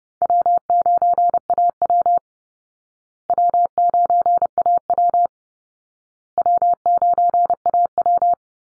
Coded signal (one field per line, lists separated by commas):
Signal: Morse code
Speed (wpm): 30 wpm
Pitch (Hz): 700 Hz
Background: none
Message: W9AW W9AW W9AW